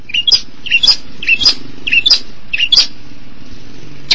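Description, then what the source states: Long-tailed shrike song of paired notes, a low slurred whistle followed by a sharp high note, repeated five times about every half second, then one click. March 2017.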